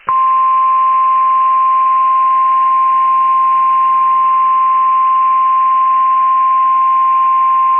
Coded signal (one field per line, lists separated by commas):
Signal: Emergency Alert System (SAME) tones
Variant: 1050 Hz attention tone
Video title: EAS Re-creation | The Most Bizarre Destructive SVR to Date. (3/21/2023)